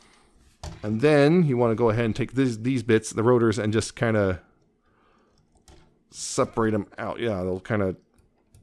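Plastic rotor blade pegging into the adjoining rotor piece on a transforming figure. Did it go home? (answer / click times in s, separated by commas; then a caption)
no / none. Someone talks while handling the plastic rotor pieces of a Transformers Legacy United Sandstorm transforming figure, separating them so each rotor blade can peg into the adjoining rotor piece to form the helicopter rotors. Faint plastic ticks come at about 5.4–5.7 s and 8.2–8.6 s. Nothing has seated or clicked into place yet.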